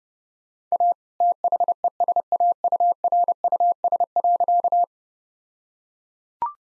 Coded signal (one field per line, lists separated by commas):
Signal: Morse code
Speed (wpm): 32 wpm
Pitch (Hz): 700 Hz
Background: none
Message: A THESAURUS.